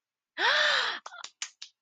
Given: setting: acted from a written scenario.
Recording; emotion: vocal sound without words; elation